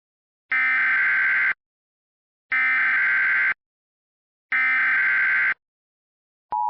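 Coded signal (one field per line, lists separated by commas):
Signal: Emergency Alert System (SAME) tones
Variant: header bursts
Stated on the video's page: Mock EAS tornado scenario, not a real alert, containing valid EAS tones.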